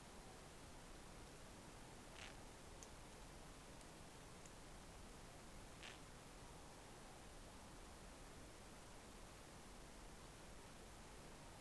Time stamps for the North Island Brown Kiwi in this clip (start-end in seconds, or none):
none